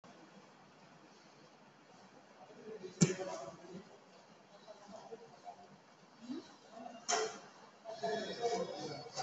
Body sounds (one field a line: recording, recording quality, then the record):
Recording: shallow breathing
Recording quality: moderate, slight background noise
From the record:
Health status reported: COVID-19 positive, mild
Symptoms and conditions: none ticked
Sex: male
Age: 22 years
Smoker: not ticked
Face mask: not worn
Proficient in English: yes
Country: India